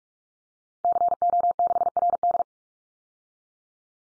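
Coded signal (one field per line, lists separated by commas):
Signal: Morse code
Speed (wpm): 44 wpm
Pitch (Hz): 700 Hz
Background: none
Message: CO6RD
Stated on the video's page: Morse head-copy drill of call signs at 45 wpm, each sent twice, then spoken, then sent again.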